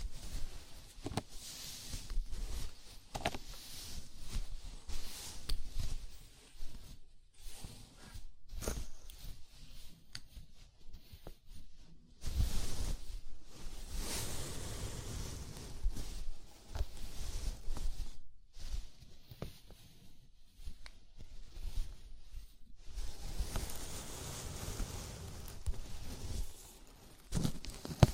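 Scalp massage with irregular bursts of rough rubbing and scratching, swelling and fading, broken by brief pauses, with soft low thumps throughout.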